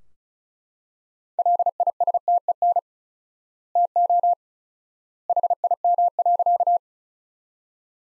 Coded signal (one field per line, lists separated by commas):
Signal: Morse code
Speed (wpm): 36 wpm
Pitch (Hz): 700 Hz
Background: none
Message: LISTEN TO HIM.